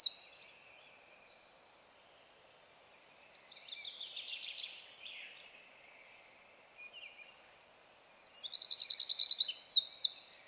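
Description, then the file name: Eurasian wren: faint buzzy notes midway, then a loud, rapid, very high trill of repeated notes near the end. "Troglodytes troglodytes"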